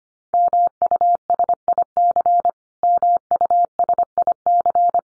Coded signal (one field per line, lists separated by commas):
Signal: Morse code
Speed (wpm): 25 wpm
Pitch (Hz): 700 Hz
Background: none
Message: MUSIC MUSIC